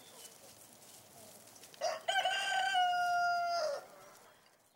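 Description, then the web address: Chicken giving a single drawn-out crow, steady and slightly falling at the end, over a soft background hiss. Chickens in a yard. "Sound Effects-BBC Chickens"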